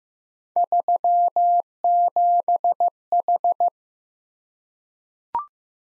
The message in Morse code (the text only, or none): 37H